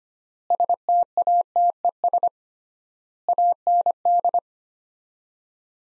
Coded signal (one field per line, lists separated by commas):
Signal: Morse code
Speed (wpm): 25 wpm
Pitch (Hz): 700 Hz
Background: none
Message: STATES AND